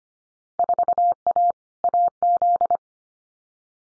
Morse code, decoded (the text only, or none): 4A AZ